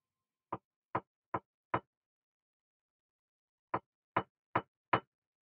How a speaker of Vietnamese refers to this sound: Thế rồi đột nhiên tiếng gõ cửa cộc cộc vang lên. Nhưng không phải là từ phía cửa mà phía bờ tường chung của cả 2 phòng toilet nam nữ. Âm thanh rất to, phải là một lực tác động mạnh mới có thể tạo ra được tần số như vậy được.